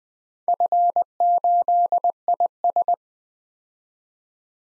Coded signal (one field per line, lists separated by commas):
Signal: Morse code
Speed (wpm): 20 wpm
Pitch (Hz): 700 Hz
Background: none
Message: F8IS